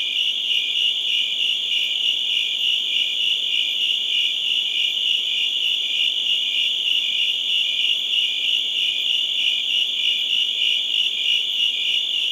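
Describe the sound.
Crickets keep up an unbroken high trilling chorus, pulsing rapidly and evenly throughout.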